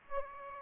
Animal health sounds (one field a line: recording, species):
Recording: mosquito wingbeat signal from an infrared sensor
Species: Aedes aegypti